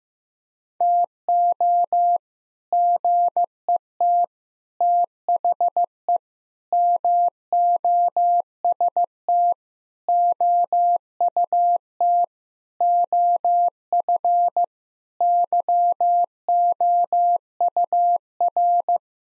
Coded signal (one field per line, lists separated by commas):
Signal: Morse code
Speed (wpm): 15 wpm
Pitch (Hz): 700 Hz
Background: none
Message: TO GET THE MOST OUT OF YOUR